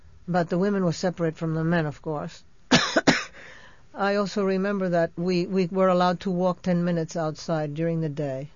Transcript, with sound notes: But the women were separate from the men, of course. ( she coughs ) I also remember that we were allowed to walk ten minutes outside during the day.